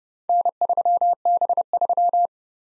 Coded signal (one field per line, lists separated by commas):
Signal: Morse code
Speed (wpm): 30 wpm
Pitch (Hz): 700 Hz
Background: none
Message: N3B3